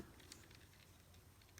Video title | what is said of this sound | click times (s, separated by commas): Transformers Studio Series 90 Voyager Class GALVATRON Review | you can kind of hear some of these panels starting to click into place | 0.3 s, 1.6 s